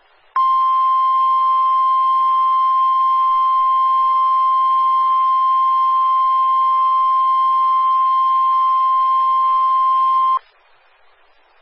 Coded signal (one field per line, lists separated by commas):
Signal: Emergency Alert System (SAME) tones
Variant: 1050 Hz attention tone